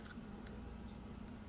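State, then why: Not seated. A removable lower snap-on veneer, a custom dental appliance, is handled at the wearer's bottom teeth. Two brief, faint ticks at about 0.1 s and 0.5 s rise slightly over a steady low rumble. Nothing has seated or snapped into place yet.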